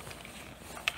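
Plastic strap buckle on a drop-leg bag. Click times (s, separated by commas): 0.9 s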